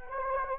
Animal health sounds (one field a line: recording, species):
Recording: mosquito wingbeat signal from an infrared sensor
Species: Anopheles gambiae